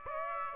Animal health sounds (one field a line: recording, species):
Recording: mosquito wingbeat signal from an infrared sensor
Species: Aedes aegypti